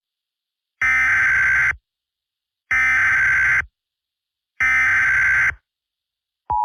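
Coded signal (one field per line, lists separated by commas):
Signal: Emergency Alert System (SAME) tones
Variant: header bursts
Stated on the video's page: Fictional EAS scenario; simulated alert.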